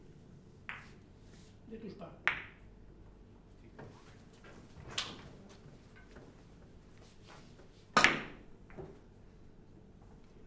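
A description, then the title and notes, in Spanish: People playing three-cushion billiards, with sharp ball clicks landing irregularly every second or two; the loudest knock comes near eight seconds, followed by a softer one. A low, steady murmur of voices and room noise runs underneath throughout. Personas que juegan al billar a tres bandas.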